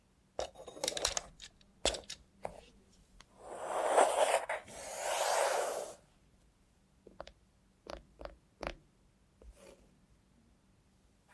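A robot hand makes ASMR sounds: a cluster of sharp clicks and taps in the first two seconds, then two long swelling rushes of scraping noise around the middle. Quiet gaps follow, broken by a few isolated crisp clicks near the end.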